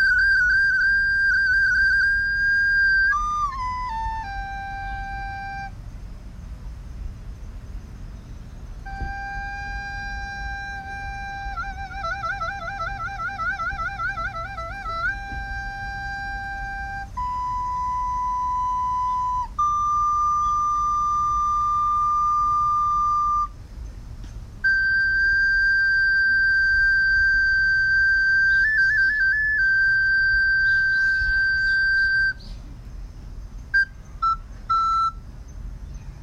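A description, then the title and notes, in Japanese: A recorder plays in a park, holding long, clear notes that step down in pitch, with a quick fluttering trill in the middle and steady held tones after it. A low, constant wind rumble runs underneath, and short faint chirps appear near the end. 自然とのセッション【リコーダー】。公園でリコーダー吹いてきました。鳥の鳴き声や風の音とのセッション。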